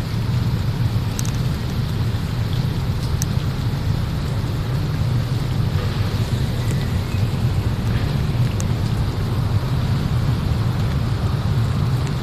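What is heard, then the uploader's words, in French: A steady, dense low rumble from a watery landscape fills the whole stretch, holding an even loudness without swells or pauses. A faint hiss sits above it, and a few thin, bright ticks stand out, near one, three and nine seconds. Un cheminement sonore à travers des paysages aquatiques terrestres et souterrains.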